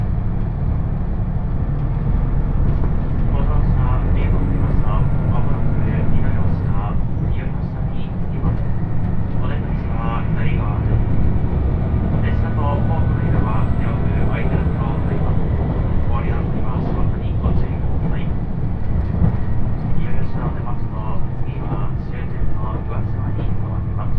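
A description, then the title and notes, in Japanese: Onboard a limited express train, a steady, heavy low rumble fills the carriage from start to finish at constant loudness. Voices talk on and off throughout, with small clicks and rattles scattered over the running noise. 予讃線特急宇和海5号 伊予大洲→宇和島。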